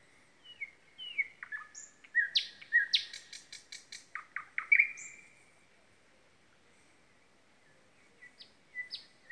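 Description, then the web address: Common nightingale song: varied whistles and clicks building into a rapid chattering passage with a bright final note, then quiet and a few soft notes. Common nightingale singing at the blue lakes. "chant du rossignol dans les lacs bleus"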